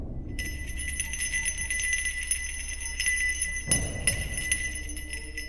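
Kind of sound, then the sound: sound effect, small bell ringing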